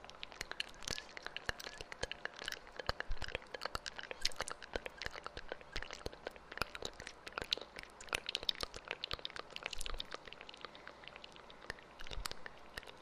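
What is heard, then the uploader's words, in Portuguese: Mouth sounds with echo: a dense, continuous run of wet clicks, smacks and crackles, firing irregularly and rapidly for the whole stretch. The pops are bright and sharp, some louder than others, over a faint steady low hum. Uma hora de ASMR de sons de boca com eco no microfone 3DIO.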